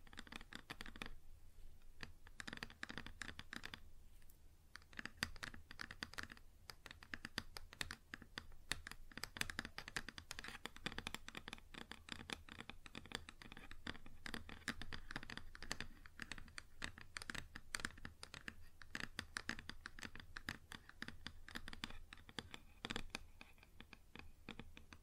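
Fingers tap and scratch across a wooden surface in a dense, busy stream of quick clicks that sounds much like typing. The sharp, bright taps run almost without pause for the whole stretch, with a couple of brief gaps near the start, over a faint low hum.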